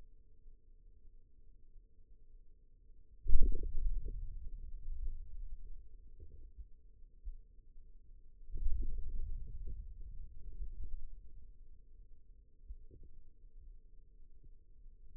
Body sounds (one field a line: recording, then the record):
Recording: forearm muscle sounds (acoustic myography)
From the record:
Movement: hand opening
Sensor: system 2, bracelet of six BSWA MPA416 microphones around the upper forearm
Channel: 3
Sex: male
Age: 22 years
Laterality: right